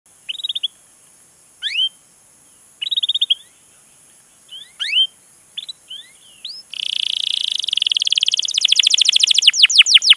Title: PANCINGAN Kenari GACOR PANJANG. Pancingan Gacor Masteran